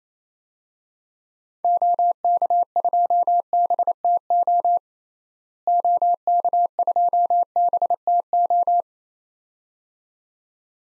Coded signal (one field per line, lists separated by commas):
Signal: Morse code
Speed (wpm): 28 wpm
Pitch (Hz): 700 Hz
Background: none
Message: OK2BTO OK2BTO